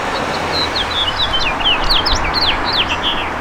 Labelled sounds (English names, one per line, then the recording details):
House Finch song
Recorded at East Hampton on Long Island, New York, on 15 June 2013
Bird A